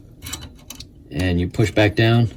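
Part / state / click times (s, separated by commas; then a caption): SD card in ATM board card slot / released / 0.7 s. An SD card seated in the spring-loaded push-push card slot of a Genmega ATM board is pressed down, with a few faint ticks before a sharp click at 0.7 s as the slot releases and ejects the card. Someone then talks.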